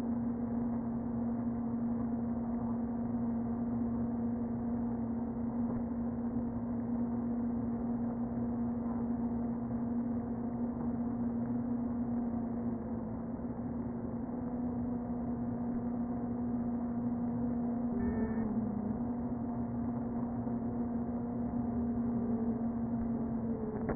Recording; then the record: honeybee colony, microphone inside the hive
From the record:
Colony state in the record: queen present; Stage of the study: before two queens were removed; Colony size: about 60,000 bees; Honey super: yes